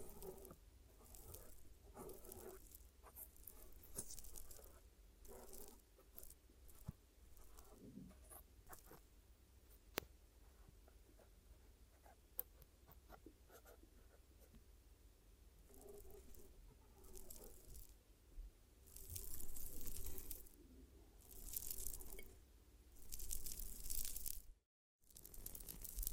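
Glue ear massage and cleaning, heard as close rubbing, patting and crackling sounds that come in uneven bursts throughout. A few sharp clicks stand out near 10 and 12 seconds, the rustling grows busier after about 18 seconds, and a brief silence falls near 25 seconds.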